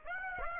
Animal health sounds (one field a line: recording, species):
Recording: mosquito wingbeat signal from an infrared sensor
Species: Aedes aegypti